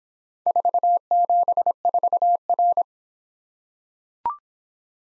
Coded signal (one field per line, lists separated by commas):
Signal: Morse code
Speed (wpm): 23 wpm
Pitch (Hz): 700 Hz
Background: none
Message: 474R